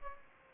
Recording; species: mosquito wingbeat signal from an infrared sensor; Aedes aegypti